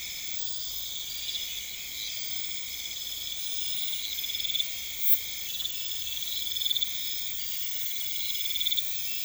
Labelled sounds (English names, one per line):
none